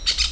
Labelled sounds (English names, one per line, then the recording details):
Brown-throated Parakeet contact call
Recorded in Venezuela
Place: Hato Matapalo, Bolívar
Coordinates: 7.356, -61.542